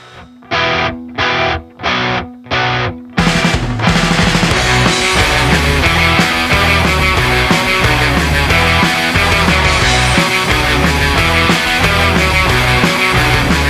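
A rock song by a French-Venezuelan band opens with four evenly spaced, distorted guitar chord stabs separated by brief silences, then the full band crashes in loud and dense with driving drums and heavy guitars, no vocals yet.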